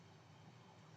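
A screw-on accessory ring from the Xiaomi 15 Ultra Photography Kit is being twisted onto the phone's camera module. Only a steady, low broadband hum is heard, with no sharp sounds. Nothing has seated or clicked yet.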